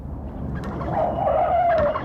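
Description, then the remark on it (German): A car skids with a rising, drawn-out tire squeal over a steady rumble of engine noise, building over about two seconds, with a brief squawk-like burst near the end as the car runs over a hen. “Mein Gott, jetzt haben Sie sie platt gefahren.”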